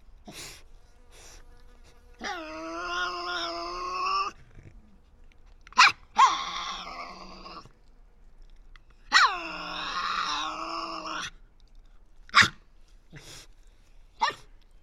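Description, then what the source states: Tasmanian devil giving long harmonic screeches of one to two seconds, separated by short sharp snorts and clicks. Resident devils discussing who has priority, in an enclosure at the Devils@Cradle conservation facility, Cradle Mountain, Tasmania, on 24 October 2007.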